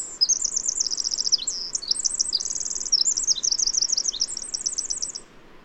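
Bird delivering a rapid high-pitched song of wavy whistles and buzzy trills, running continuously for about five seconds before stopping, over soft hiss.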